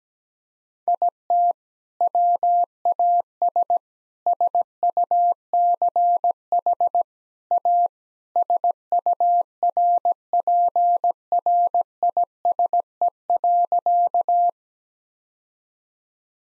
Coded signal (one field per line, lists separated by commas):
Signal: Morse code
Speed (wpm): 17 wpm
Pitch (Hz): 700 Hz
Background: none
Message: IT WAS SUCH A SURPRISE.